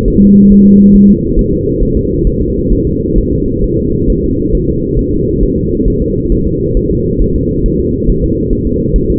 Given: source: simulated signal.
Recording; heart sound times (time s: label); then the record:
fetal heart sounds
0.08 s: S1
0.22 s: S2
0.52 s: S1
0.66 s: S2
0.96 s: S1
1.10 s: S2
1.39 s: S1
1.53 s: S2
1.83 s: S1
1.97 s: S2
2.27 s: S1
2.41 s: S2
2.72 s: S1
2.87 s: S2
3.18 s: S1
3.33 s: S2
3.64 s: S1
3.79 s: S2
4.10 s: S1
4.24 s: S2
4.55 s: S1
4.69 s: S2
4.99 s: S1
5.13 s: S2
5.43 s: S1
5.58 s: S2
5.88 s: S1
6.02 s: S2
6.32 s: S1
6.47 s: S2
6.77 s: S1
6.91 s: S2
7.22 s: S1
7.36 s: S2
7.66 s: S1
7.80 s: S2
8.10 s: S1
8.24 s: S2
8.53 s: S1
8.67 s: S2
8.96 s: S1
9.10 s: S2
From the record:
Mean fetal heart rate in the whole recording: 135 bpm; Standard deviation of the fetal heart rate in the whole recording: 3 bpm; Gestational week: 36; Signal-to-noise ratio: -10.2 dB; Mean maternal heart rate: 72 bpm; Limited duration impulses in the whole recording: present